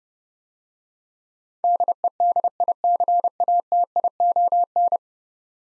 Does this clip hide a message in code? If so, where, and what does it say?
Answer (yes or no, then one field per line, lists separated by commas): yes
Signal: Morse code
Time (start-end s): 1.6-5.0 s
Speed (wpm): 31 wpm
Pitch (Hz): 700 Hz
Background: none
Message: DEDICATION